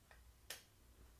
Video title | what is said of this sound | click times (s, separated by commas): Benjamin 3100 Rebuild Part 2 | okay so it clicked | 0.5 s